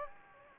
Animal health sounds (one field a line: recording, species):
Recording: mosquito wingbeat signal from an infrared sensor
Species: Anopheles gambiae